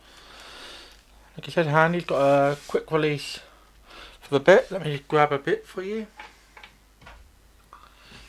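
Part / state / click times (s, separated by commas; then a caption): screwdriver bit for cordless screwdriver chuck / not seated / none. Someone talks, then fetches a screwdriver bit and brings it to a Mac Allister cordless screwdriver's quick-release chuck, with small handling ticks around 6.6, 7.0 and 7.7 seconds. The bit has not yet been pushed in or clicked into place.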